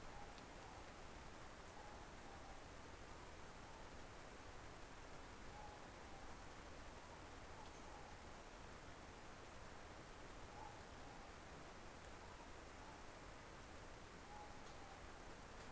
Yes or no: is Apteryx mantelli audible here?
no